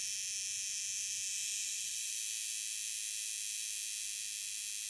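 Cicada drone, a constant high, hissing buzz without breaks.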